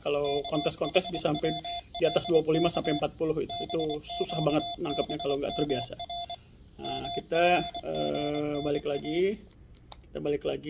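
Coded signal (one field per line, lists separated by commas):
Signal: Morse code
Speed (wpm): 24 wpm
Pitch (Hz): 3500 Hz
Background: speech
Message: KHWLK BQBMR MFGNA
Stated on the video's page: Morse practice using a Yaesu/Standard VX-3 handheld radio.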